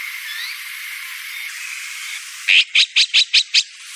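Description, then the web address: Azure-winged magpie calling six loud, grating notes in quick succession near the end. "sikioto. onaga"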